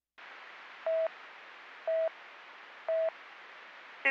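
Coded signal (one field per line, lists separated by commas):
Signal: none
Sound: police radio talk beeps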